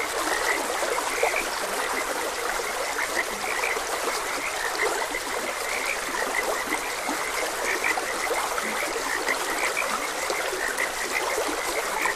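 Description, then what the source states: Frog chorus of short, repeated croaks throughout the stretch, mixed with the unbroken wash of stream water. Frogs croaking beside a gentle stream; continuous nature ambience.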